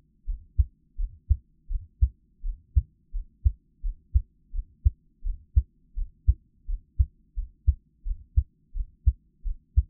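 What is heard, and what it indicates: Steady, low, muffled thumps come in paired beats at about 85 per minute with an even rhythm. Each beat has a soft first sound and a louder second sound. This is an adult's own heartbeat heard close up as Taiwanese ASMR, with no talking.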